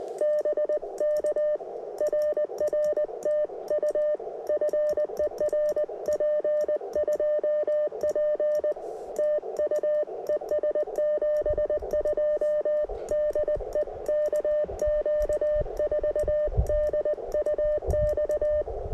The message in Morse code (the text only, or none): BK RR TU FER P2P TU ES 72 DE KQ4DUX